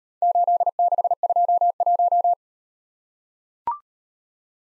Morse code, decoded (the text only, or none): 8621